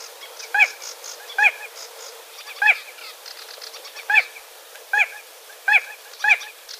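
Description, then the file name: Spotted crake calling, sharp whiplash 'whitt' notes repeated roughly once a second, with thin high chirps and trills of other birds behind. "Voltolino"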